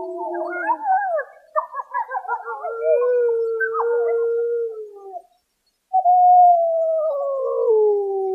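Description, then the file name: Iberian wolf chorus, choppy yelping howls at first, then a long steady tone falling slowly, a short pause, and a final descending howl. A pack howling at night. "Iberian wolf pack howling at night Lobos ibéricos aullando en la noche DURMIENDO CON LOBOS"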